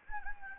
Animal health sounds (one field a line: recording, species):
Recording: mosquito wingbeat signal from an infrared sensor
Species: Anopheles gambiae